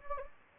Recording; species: mosquito wingbeat signal from an infrared sensor; Anopheles gambiae